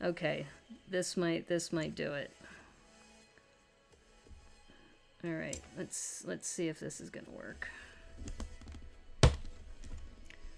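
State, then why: Seated. A plastic LEGO brick is pressed onto another brick to test a fit while someone talks. After a few faint taps, one loud, sharp snap at 9.2 seconds shows the bricks snapping home. The satisfying snap confirms the piece has seated.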